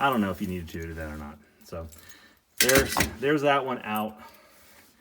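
A replacement ignition lock cylinder is being handled for a 1974 Corvette steering column housing, with the key in the on position, after the old cylinder has been removed. Someone talks over light jangling like keys. Nothing has seated or clicked yet.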